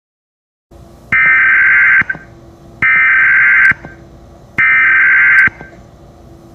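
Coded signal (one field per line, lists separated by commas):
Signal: Emergency Alert System (SAME) tones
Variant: header bursts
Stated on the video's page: Fictional EAS scenario made for a fan-made story, not a real alert.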